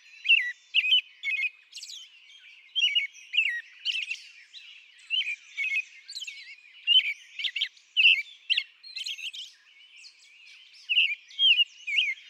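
American robin song: rich whistled phrases given in short groups with brief pauses, steady caroling throughout.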